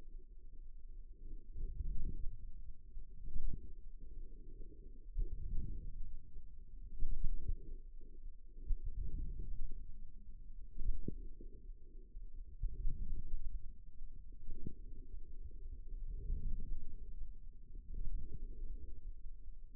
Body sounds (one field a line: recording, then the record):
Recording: forearm muscle sounds (acoustic myography)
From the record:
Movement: outward rotation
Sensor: system 2, bracelet of six BSWA MPA416 microphones around the upper forearm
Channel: 4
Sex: male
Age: 22 years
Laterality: right